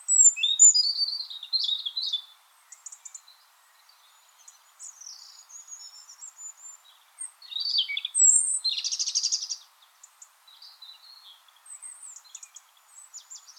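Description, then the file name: European robin song, a run of varied high phrases mixing sweet whistles, quick tinkling notes and scratchy trills, separated by short pauses. "Erithacus rubecula"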